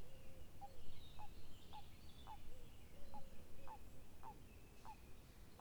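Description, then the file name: Common toad calling: short soft notes repeated about every half second in a steady series, over low background noise. Song recorded on 18 February 2016 at Lac des Vigneaux, Sainte-Foy. "2016-02-18 chant bufo bufo ste foy lac vigneaux"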